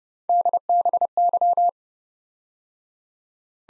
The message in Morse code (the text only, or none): DBY